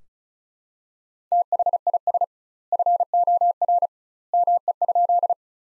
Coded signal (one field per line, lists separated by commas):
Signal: Morse code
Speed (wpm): 36 wpm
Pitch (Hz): 700 Hz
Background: none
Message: THIS FOR ME?